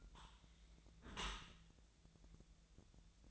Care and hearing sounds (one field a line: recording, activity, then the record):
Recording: daily activity, microphone in the room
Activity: close dishwasher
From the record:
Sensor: 3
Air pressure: 1000.5 hPa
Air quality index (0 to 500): 176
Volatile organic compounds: 3 ppm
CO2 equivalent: 1523 ppm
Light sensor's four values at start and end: 14/36/14/16 and 14/37/14/16